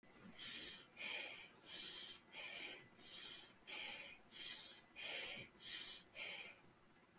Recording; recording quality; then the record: shallow breathing; excellent, no background noise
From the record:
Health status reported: healthy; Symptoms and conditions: cough, cold, breathing difficulty, muscle pain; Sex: female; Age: 21 years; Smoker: no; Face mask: not worn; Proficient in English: no